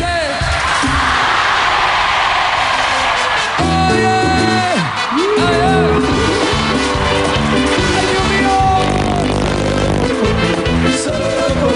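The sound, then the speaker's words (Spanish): A large live concert crowd in Villa María, 2007, shouts together on a count of three in one loud, sustained roar that carries on for several seconds, with rhythmic, pulsing sound running underneath the massed voices. “A la cuenta de tres. Gritamos todos”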